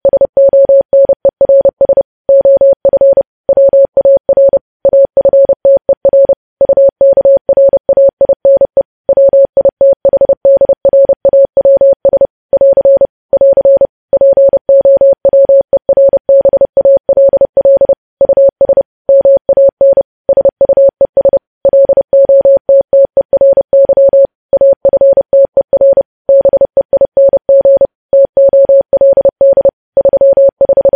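Morse code sent as a steady, pure tone of roughly 600 Hz, keyed on and off in quick bursts of short dots and longer dashes. The rhythm runs continuously for the whole half minute, with brief gaps between letters and words, and no other sounds behind it.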